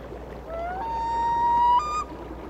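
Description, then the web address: Loon wail: a single haunting cry climbing from a lower note to a long level tone, ending in a short higher step, over low rumbling hum. "A Természet hangjai - Madárdal Sounds of Nature - Cry of the Loon"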